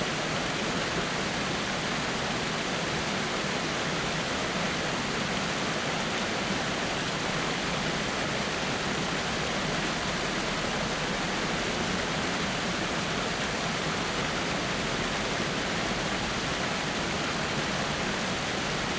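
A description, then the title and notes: A waterfall roars without pause, a dense, even rush of falling water that fills everything from the low rumble up to a bright hiss. Nothing changes across the nineteen seconds; the level holds steady and close, with no separate splashes or other sounds breaking through. Showered by the Waterfall.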